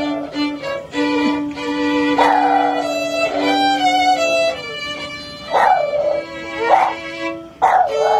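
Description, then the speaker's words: Boston Terrier howling: wavering yowls over sustained violin notes, with several separate howls through the passage. Boston Terrier singing along to the national anthem while its owner plays it on the violin. "This is a Boston Terrier singing the national anthem with his owner. The owner is playing the violin."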